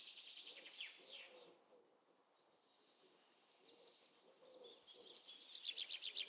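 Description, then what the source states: Bird chirping in a brief burst of rapid notes, a quiet stretch, then a run of quick repeated notes growing louder near the end. Birds in the jungle.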